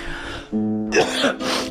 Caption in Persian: مریضم این هفته. اگر میان برنامه سرفه و اینا کردم معذرت خواهی می‌کنم.